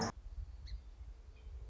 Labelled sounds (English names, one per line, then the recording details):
Song Sparrow
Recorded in Sonoma County, California